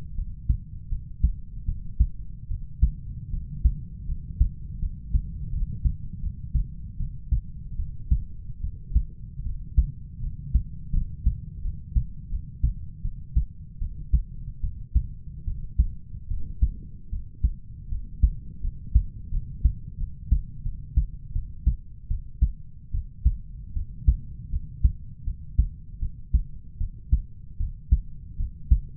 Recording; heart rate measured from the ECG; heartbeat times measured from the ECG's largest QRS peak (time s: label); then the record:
heart sounds by stethoscope; 79 bpm
0.15 s: heartbeat
0.89 s: heartbeat
1.65 s: heartbeat
2.48 s: heartbeat
3.30 s: heartbeat
4.05 s: heartbeat
4.79 s: heartbeat
5.50 s: heartbeat
6.20 s: heartbeat
6.97 s: heartbeat
7.76 s: heartbeat
8.60 s: heartbeat
9.43 s: heartbeat
10.20 s: heartbeat
10.91 s: heartbeat
11.61 s: heartbeat
12.29 s: heartbeat
13.01 s: heartbeat
13.78 s: heartbeat
14.60 s: heartbeat
15.44 s: heartbeat
16.27 s: heartbeat
17.09 s: heartbeat
17.88 s: heartbeat
18.60 s: heartbeat
19.30 s: heartbeat
19.97 s: heartbeat
20.62 s: heartbeat
21.32 s: heartbeat
22.07 s: heartbeat
22.91 s: heartbeat
23.73 s: heartbeat
24.49 s: heartbeat
25.24 s: heartbeat
25.99 s: heartbeat
26.77 s: heartbeat
27.57 s: heartbeat
28.36 s: heartbeat
From the record:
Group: healthy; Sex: male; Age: 20 years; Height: 187 cm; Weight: 68.9 kg